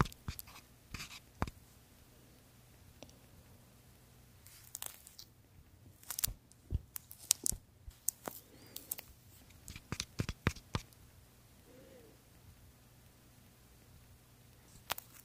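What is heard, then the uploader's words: A massage with creamy products: soft wet taps, sticky smacks and brief rubbing bursts come irregularly, thickest in a cluster from about five to eleven seconds. A low, steady hum runs underneath, and a short squeaky note sounds near twelve seconds. ASMR First Person Skin care Room (Korean) (ASMR Boyoung). This Asmr has a lot of creamy products, and a lot of massages.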